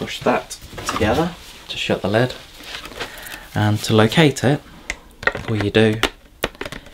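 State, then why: Seated. Someone talks while pushing the plastic dust bin of a Roidmi S1S cordless vacuum cleaner underneath into the vacuum body's housing. A sharp click at 6.4 seconds shows the dust bin clipping into place, followed by a few faint ticks.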